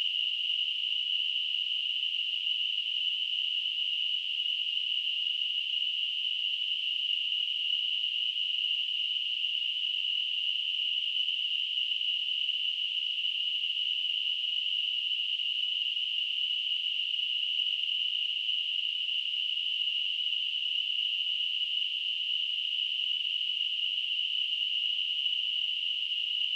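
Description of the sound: Simulated tinnitus: a steady, unchanging high-pitched ringing hiss, a narrow band of sound centered near 3 kHz, held at a constant level throughout with no low-frequency content.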